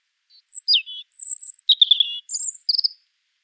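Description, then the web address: European Robin song: scattered high, thin whistles, some sliding downward, mixed with twittering notes and a short trill at the end. "erithacus rubecula call"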